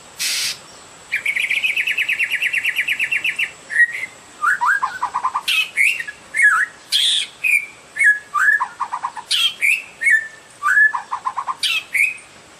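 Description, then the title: Oriental magpie-robin song: a harsh burst, then a fast rattling run of repeated notes, followed by varied whistled phrases sliding up and down with sharp high clicks. "Kicau Kacer"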